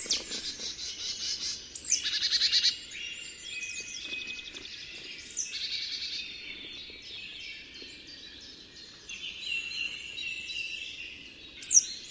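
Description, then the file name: Marsh tit call: a short burst of buzzy repeated notes early on, amid continuous high twittering and chirping from other birds, with a sharp note at the end. "Poecile palustris"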